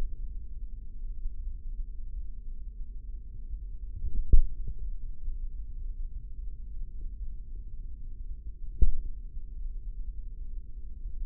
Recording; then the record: forearm muscle sounds (acoustic myography)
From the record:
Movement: tripod grip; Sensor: system 3, bracelet of six PUI Audio POM-2738L microphones around the upper forearm, with dedicated amplification and filtering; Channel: 2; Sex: male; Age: 55 years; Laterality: right